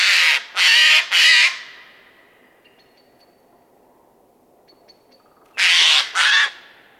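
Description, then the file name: Eurasian jay giving harsh, rasping screeches: three in quick succession, then a quiet gap of about four seconds with faint high thin bird notes, then two more screeches. "Garrulus glandarius"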